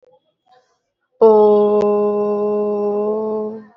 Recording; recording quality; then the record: sustained vowel as in boot; excellent, no background noise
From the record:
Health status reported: recovered from COVID-19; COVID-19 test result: positive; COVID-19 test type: RT-PCR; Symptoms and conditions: cough, sore throat, fatigue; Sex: female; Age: 33 years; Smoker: no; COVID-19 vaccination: both doses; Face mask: worn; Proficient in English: yes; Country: India